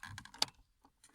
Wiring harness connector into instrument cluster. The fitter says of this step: Right, so click it in, you make sure it clicks